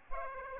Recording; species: mosquito wingbeat signal from an infrared sensor; Aedes aegypti